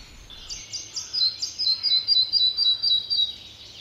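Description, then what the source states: Red-breasted flycatcher song: a quick run of many high, ringing notes, slightly falling. Beautiful, wistful song given after taking territories in old-growth forests, before pairing and nesting; birds arrive in Finland in late May; favours dense, dim, damp old spruce-dominated natural forests.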